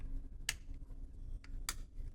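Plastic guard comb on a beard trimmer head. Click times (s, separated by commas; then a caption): 0.5 s. A plastic guide comb is fitted onto the head of a Brio Beardscape beard trimmer and snaps into place with a sharp, bright click at 0.5 s, showing it pops right in once you get the hang of it. A fainter tick follows at 1.4 s and another loud click at 1.7 s over a low background hum. The guard is seated.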